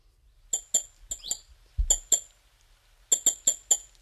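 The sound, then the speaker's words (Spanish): A European robin gives sharp, high ticking calls in short bursts of two and four, with brief pauses between the groups. There is no talking, and a soft low thump sounds partway through. “Ahora nos vamos a escuchar otro ave también bastante común, el petirrojo.”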